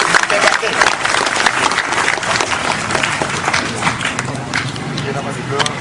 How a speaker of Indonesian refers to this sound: Tepuk tangan untuk Ustaz Wijayanto.